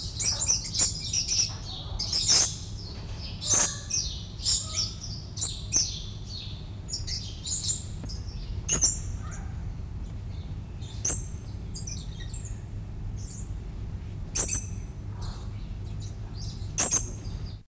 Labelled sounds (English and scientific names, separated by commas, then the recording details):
Fairy Lorikeet (Charmosyna pulchella) call
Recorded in captivity
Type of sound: call
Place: Wilhelma Stuttgart, Baden-Württemberg, DE
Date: 1969-10-08
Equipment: Halbspur, 9,5 cm/s
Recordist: Lütgens, Hans
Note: Rufe